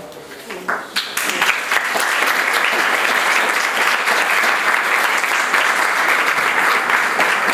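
An audience bursts into applause, a few scattered claps at first quickly swelling into steady, dense clapping that holds at an even loudness for several seconds.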